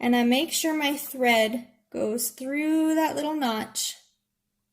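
A bobbin is being handled into a sewing machine's bobbin case, held in place with its thread passed through the little notch, while someone talks throughout. Nothing has seated or clicked yet; the clip ends before the bobbin is pressed home.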